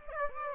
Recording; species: mosquito wingbeat signal from an infrared sensor; Aedes aegypti